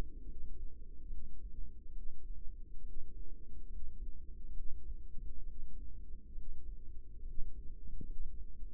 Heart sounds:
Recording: heart sounds by microphone in the right ear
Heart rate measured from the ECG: 69 bpm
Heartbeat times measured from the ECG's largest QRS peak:
0.22 s: heartbeat
1.06 s: heartbeat
1.89 s: heartbeat
2.80 s: heartbeat
3.65 s: heartbeat
4.49 s: heartbeat
5.42 s: heartbeat
6.31 s: heartbeat
7.20 s: heartbeat
8.02 s: heartbeat
From the record:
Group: healthy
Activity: rest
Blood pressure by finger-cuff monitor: 142/85 mmHg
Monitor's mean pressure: 103 mmHg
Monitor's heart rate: 72 bpm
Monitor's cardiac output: 6 L/min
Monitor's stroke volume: 88 mL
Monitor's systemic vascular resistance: 1270 dyn s/cm5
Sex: female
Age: 22 years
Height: 171 cm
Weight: 65.6 kg

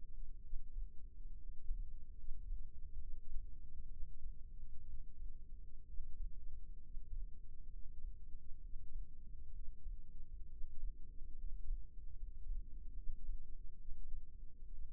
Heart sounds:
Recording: heart sounds by microphone in the left ear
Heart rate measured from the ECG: 67 bpm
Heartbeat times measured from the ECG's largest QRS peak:
0.43 s: heartbeat
1.36 s: heartbeat
2.18 s: heartbeat
3.01 s: heartbeat
3.91 s: heartbeat
4.87 s: heartbeat
5.88 s: heartbeat
6.84 s: heartbeat
7.72 s: heartbeat
8.63 s: heartbeat
9.55 s: heartbeat
10.51 s: heartbeat
11.39 s: heartbeat
12.17 s: heartbeat
12.96 s: heartbeat
13.79 s: heartbeat
14.72 s: heartbeat
From the record:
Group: healthy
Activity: rest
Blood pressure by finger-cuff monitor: 96/51 mmHg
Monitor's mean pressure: 66 mmHg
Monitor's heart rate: 66 bpm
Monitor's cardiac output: 7.1 L/min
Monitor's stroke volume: 109 mL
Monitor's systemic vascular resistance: 670 dyn s/cm5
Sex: male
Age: 22 years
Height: 181 cm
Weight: 79 kg

